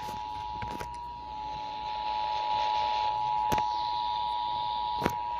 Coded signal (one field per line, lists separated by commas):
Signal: Emergency Alert System (SAME) tones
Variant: 853 and 960 Hz attention tone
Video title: EAS 5 tornado watch for my county!!!!